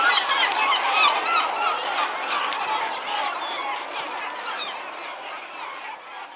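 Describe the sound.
Gull chorus of many overlapping squawking cries, loudest at the start and fading gradually, with a few higher thin calls near the end.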